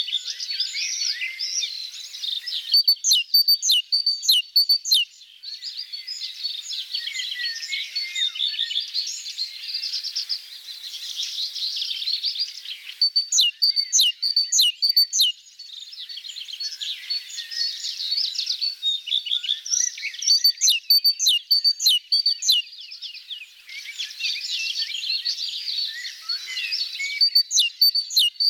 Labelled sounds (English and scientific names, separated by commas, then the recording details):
Great Tit (Parus major) song
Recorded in the wild
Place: Oberrotweil am Kaiserstuhl, Baden-Württemberg, DE
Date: 1989-04-23
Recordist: Schwarz, Dieter